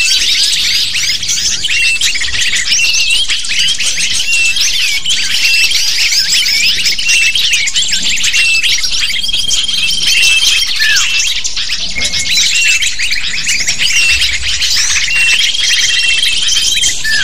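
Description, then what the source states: Lovebird flock chatter, a steady wall of high shrill chirps and squeaks with occasional long thin whistled tones, unbroken for the whole stretch. Lure call used to attract lovebirds.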